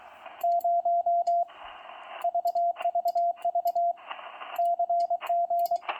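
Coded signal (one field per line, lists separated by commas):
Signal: Morse code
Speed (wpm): 23 wpm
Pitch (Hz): 690 Hz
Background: radio noise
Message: 0 VVV CG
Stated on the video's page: CW from the RGO-ONE transceiver, demonstrating its CW features.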